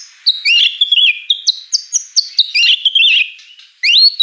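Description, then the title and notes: White-rumped shama song of bright, high whistles and quick slurred notes in a fast varied sequence, ending with a rising whistle after a brief gap. Lively lure song of a white-rumped shama (Murai Batu) with a rich, varied repertoire. "Pancingan Gacor Murai Batu Bongkar Isian Mewah. Audio Murai Batu Dongfeng"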